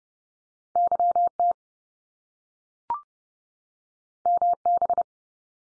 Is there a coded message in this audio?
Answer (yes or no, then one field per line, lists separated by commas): yes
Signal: Morse code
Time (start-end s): 0.8-5.0 s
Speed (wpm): 30 wpm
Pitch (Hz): 700 Hz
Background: none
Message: YT MB